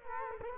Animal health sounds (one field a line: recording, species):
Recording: mosquito wingbeat signal from an infrared sensor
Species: Culex quinquefasciatus